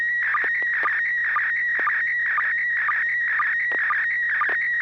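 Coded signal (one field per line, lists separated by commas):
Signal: SSTV (slow-scan television)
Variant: PD mode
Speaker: Let me see if the tone is working. Yes, sir. Good tone. Proceed. Okay, this is PD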